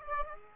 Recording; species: mosquito wingbeat signal from an infrared sensor; Aedes aegypti